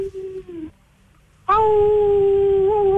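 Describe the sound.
A voice imitates a wolf howl: a short, moderate hooting tone, a brief pause, then a much louder, steady sustained howl held on one pitch until the end.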